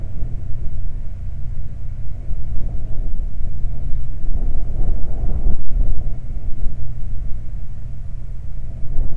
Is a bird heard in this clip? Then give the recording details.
yes. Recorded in the Prudhoe Bay oil fields, Alaska, on 12 July 2019 at 00:01. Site 29